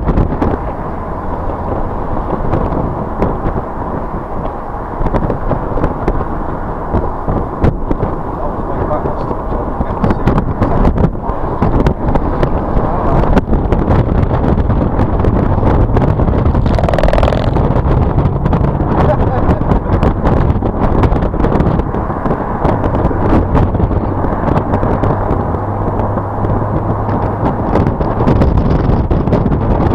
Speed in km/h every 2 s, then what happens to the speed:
50, 52, 50, 50, 50, 48, 48, 48, 60, 68, 69, 55, 60, 66, 68.
0-13 steady at about 50. 13-19 speeds up to 69. 19-21 brakes to 55. 23-30 speeds up to 68.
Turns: 10-17, 21-26.